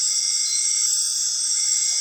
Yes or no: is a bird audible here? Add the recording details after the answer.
no. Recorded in dense forest near Puerto Asís, Putumayo, Colombia, on 19 February 2024 at 22:00. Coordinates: 0.502, -76.326. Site G6460